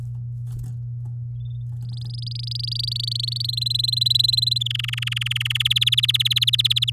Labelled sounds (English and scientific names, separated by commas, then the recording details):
Domestic Canary (Serinus canaria) song
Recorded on 9 May 2018 at 13:28
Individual llb16